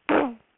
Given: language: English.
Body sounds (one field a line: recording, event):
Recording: throat vibration sensor signal played as sound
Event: throat clearing